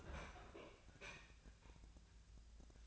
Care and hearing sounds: daily activity, microphone in the room; open fridge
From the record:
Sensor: 2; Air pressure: 1009.7 hPa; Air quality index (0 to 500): 181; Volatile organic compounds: 10 ppm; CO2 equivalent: 2259 ppm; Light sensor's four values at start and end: 27/65/28/31 and 27/65/28/31

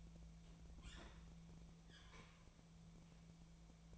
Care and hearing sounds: daily activity, microphone in the room; open fridge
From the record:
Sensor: 1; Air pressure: 1000.2 hPa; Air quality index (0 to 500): 134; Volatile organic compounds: 2 ppm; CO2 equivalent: 1263 ppm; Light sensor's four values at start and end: 35/88/37/45 and 34/87/36/44

